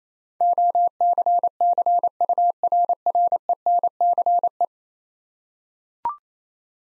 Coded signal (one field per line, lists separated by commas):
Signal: Morse code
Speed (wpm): 28 wpm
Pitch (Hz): 700 Hz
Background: none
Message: OCCURRENCE